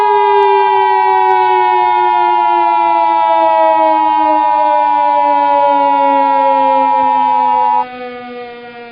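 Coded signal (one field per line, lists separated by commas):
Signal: Emergency Alert System (SAME) tones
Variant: 853 and 960 Hz attention tone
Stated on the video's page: Fictional EAS scenario.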